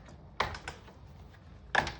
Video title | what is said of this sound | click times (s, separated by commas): Warping back to front | Now, I'm going to take my leaf sticks, which are going to pop right off here, | 0.4 s, 0.7 s, 1.8 s